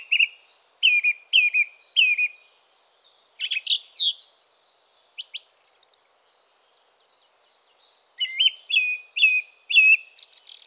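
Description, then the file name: Song thrush song: whistled phrases each given several times, with twisting high notes in between and brief gaps. "Fernand Deroussen feat Chiff-Chaff - Grive musicienne"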